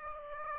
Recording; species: mosquito wingbeat signal from an infrared sensor; Aedes aegypti